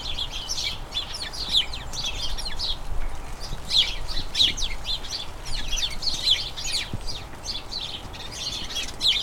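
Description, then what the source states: Flock of house sparrows chirping, lively overlapping chirps in uneven bursts with a low background rumble beneath. A colony of about a dozen house sparrows in a small front garden as crocuses bloom, chattering excitedly as the colony turns toward the breeding season.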